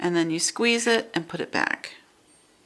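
Someone talks while squeezing a plastic mini rotary cutter and moving its blade guard back toward the closed, safe position. Nothing has seated or clicked yet; the clip ends with the guard handled but not home.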